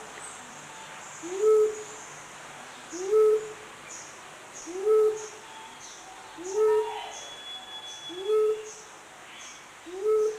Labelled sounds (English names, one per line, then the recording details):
Mindanao Bleeding-heart call
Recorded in captivity
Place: Zoo Berlin, Berlin, DE
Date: 2004-09-17 12:44
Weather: sunny, 19°C
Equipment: Sony WM-D6C, Sennheiser ME 80, Kopie Uher 4000 Report Monitor
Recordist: Tembrock, Günter
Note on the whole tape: Brandtaube, als Bartlett-Dolchstichtaube bezeichnet: Lautfolgen. Entfernung: 1 m